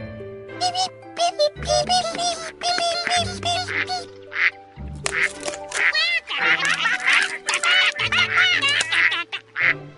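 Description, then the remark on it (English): Ducks quack over and over in bursts, nasal honking calls tumbling across each other, loud and busy for the whole stretch, with steady low tones humming underneath in a farmyard. “There was a farm. A mother duck was sitting on her eggs.”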